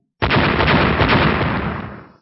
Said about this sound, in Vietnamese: Những tiếng nổ liên tiếp truyền ra, bên trong phạm vi mười mấy trượng, ánh sáng màu xanh lam, ánh sáng màu vàng hòa lẫn vào nhau.